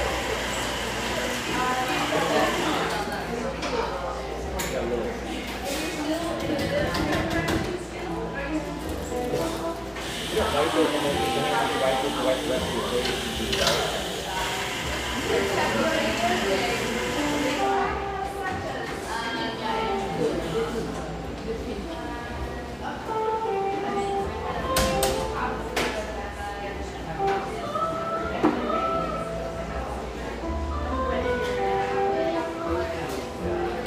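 Busy cafe chatter fills the whole stretch, many voices overlapping in a dense, steady murmur with occasional clinks and clatters. A low rumble and a brighter hiss come and go, strongest around ten to eighteen seconds, under the constant talk.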